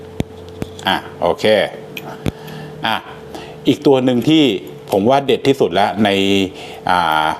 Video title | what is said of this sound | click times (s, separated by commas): ชุดเครื่องมือให้ อุปกรณ์ครบๆ | เดี๋ยวก่อนเอาเข้าล็อคก่อนชึบอ่ะ | 0.2 s